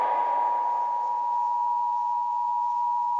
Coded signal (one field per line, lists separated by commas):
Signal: Emergency Alert System (SAME) tones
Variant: 853 and 960 Hz attention tone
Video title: Thailand EAS Alarm (Blood Moon)